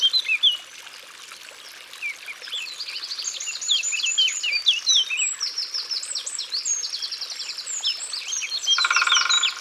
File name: Pic Epeiche Concerts Naturels De l Ardeche